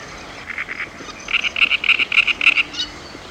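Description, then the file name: Great reed warbler song: harsh, croaking grating notes, a few softer ones and then a louder rapid run, over a faint steady background hiss. "Grote karekiet - Sound Cloud - Beeld en Geluid"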